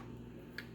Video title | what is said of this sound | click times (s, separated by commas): A.O. Smith AO-US-RO-4000 Stage 1, 2, 3, & 4 Water Filter Replacement. | You hear a little click right there. | 0.6 s